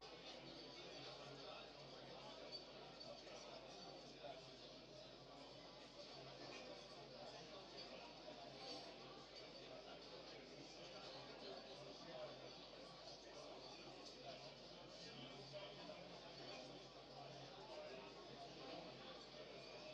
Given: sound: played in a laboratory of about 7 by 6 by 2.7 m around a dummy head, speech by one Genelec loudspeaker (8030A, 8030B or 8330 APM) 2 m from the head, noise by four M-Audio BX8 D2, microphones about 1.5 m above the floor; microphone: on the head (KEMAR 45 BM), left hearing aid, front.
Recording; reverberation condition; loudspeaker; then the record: cafeteria noise; low; four, about 170 cm from the corners of the room and facing them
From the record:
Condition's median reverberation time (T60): about 310 ms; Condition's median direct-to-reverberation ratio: about 3.5 dB